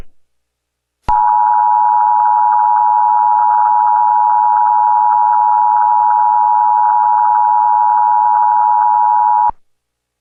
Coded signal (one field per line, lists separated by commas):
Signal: Emergency Alert System (SAME) tones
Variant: 853 and 960 Hz attention tone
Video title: National 2011 EAS Test (RECREATION)